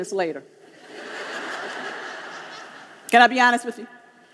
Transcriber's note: laughter